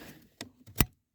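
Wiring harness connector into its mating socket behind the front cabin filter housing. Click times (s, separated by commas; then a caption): 0.8 s. While refitting the front cabin filter on a 2016 Ford Transit Connect, the second keyed plastic wiring-harness connector is plugged back into its mating socket behind the front cabin filter housing, and its locking lever is pulled down. Softer knocks at about 0.4 s and 0.7 s lead up to a sharp, loud click at 0.8 s. The locking lever clicks home and the connector is seated.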